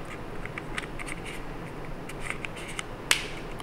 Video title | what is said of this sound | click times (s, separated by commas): Unboxing 7 New Studio Gear Items - Rokinon 24mm AF & Stellar X2 | right snaps into place really nice | 3.1 s